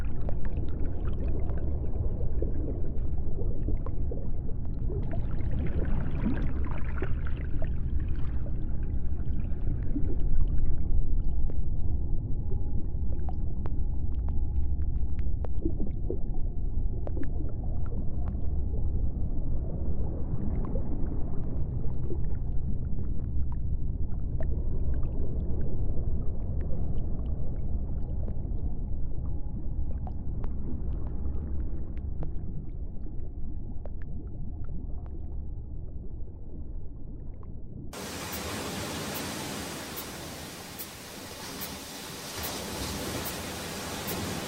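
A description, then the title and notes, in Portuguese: Deep-ocean underwater sound: a heavy, steady low rumble with a faint thin hum, scattered clicks and swells, then abrupt bright hiss near the end. Sons do fundo do oceano.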